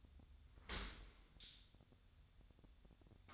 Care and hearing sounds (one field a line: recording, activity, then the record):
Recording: daily activity, microphone in the room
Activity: open dishwasher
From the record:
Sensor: 3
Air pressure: 1006.6 hPa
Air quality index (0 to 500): 208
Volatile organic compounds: 19 ppm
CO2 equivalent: 2657 ppm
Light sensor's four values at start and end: 11/25/10/10 and 11/25/10/10